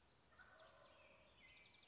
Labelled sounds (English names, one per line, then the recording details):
Wild Turkey
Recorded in Sonoma County, California